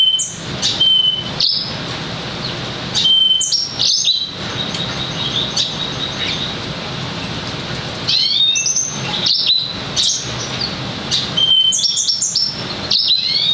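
Lemon-breasted canary giving lively high-pitched twittering song, short phrases of sharp chirps and brief whistles broken by pauses, with steady hiss behind.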